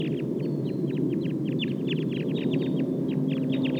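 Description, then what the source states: Crossbill flock calls, many short downward chip notes repeated rapidly and overlapping, over a steady low hum. Wild flock of about 11 birds, calling as they get ready to fly.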